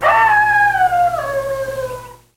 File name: wolf